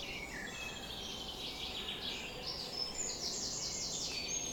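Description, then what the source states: Bird: dawn chorus of several birds: high, thin chirps and quick repeated trill notes overlap, growing busier toward the end, over a constant hiss. Bird chorus on a summer morning, recorded at 4:40 am.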